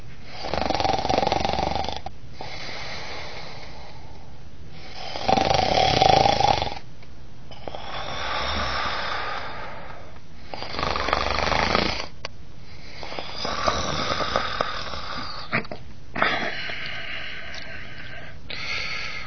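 Snoring in an adult sleeper: loud, rough snores recur about every five seconds, with quieter breathing between them.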